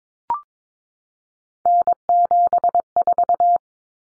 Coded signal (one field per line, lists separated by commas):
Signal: Morse code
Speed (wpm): 22 wpm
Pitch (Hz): 700 Hz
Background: none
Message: N74